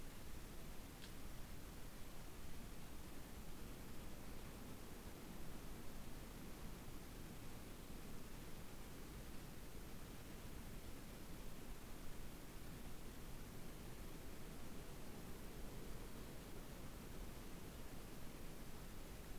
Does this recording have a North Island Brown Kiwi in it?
no